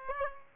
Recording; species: mosquito wingbeat signal from an infrared sensor; Aedes aegypti